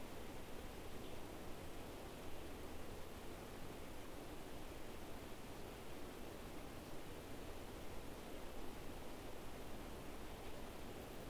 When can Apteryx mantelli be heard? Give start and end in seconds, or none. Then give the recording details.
none. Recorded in New Zealand on 5 November 2015. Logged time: 22:59. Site CQ72